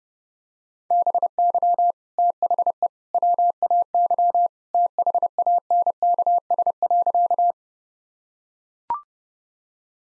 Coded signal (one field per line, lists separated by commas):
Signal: Morse code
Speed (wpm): 30 wpm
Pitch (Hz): 700 Hz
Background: none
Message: BY THE WAY THANKS.